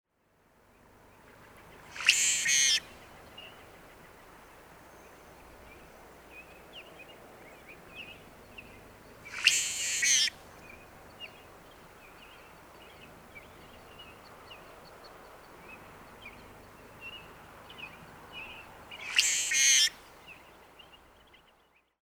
Brewer's Blackbird song recorded in Moraine Park in Rocky Mountain National Park.